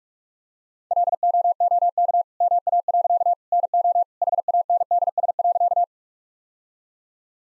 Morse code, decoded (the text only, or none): LOOK MA. NO HANDS.